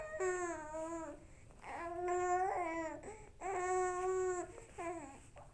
Baby Cry.